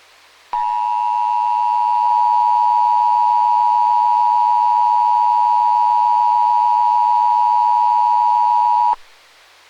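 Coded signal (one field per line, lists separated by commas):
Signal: Emergency Alert System (SAME) tones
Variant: 853 and 960 Hz attention tone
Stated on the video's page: Mock EAS scenario, not based on real events.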